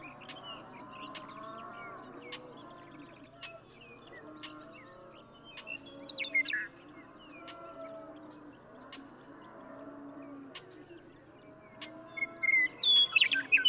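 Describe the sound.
Western meadowlark song heard twice, faintly midway and loudly at the end as a jumble of whistled notes, with cattle lowing in the background.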